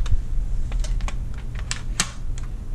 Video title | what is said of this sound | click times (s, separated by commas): BleuTec Speargun Rigging | Once it's locked in place, you're going to notice that the Dyneema is running underneath the bands. | 2.0 s